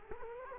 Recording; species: mosquito wingbeat signal from an infrared sensor; Culex quinquefasciatus